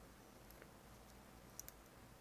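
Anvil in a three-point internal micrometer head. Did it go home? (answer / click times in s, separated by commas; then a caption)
yes / 0.5 s, 0.6 s, 1.6 s, 1.7 s. The spring-loaded anvil in a Fowler Bowers Holematic three-point internal micrometer head, under repair, is pushed back in and snaps in and out of position. Two pairs of faint, sharp clicks are heard at 0.5 and 0.6 seconds, then louder at 1.6 and 1.7 seconds, over a low steady background. The anvil clicks into place, so it is seated.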